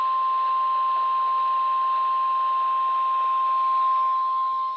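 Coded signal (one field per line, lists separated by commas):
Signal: Emergency Alert System (SAME) tones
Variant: 1050 Hz attention tone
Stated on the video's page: Streamed Required Weekly Test tones.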